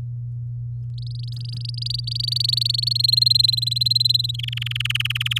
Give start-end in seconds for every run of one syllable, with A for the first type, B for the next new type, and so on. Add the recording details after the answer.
0.98-2.93 A, 2.95-4.36 B, 4.39-5.38 C. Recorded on 8 May 2018 at 14:53. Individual llb16